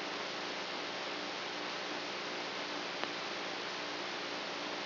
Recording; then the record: brain microelectrode recording played as sound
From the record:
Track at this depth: inside the subthalamic nucleus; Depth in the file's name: 4.503 mm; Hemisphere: right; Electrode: 3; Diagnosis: Parkinson's disease